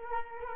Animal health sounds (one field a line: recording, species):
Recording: mosquito wingbeat signal from an infrared sensor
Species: Culex quinquefasciatus